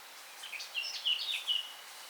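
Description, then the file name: Eurasian blackcap singing a short, rich warble of quick, tumbling notes, with quiet background noise. "Sylvia atricapilla"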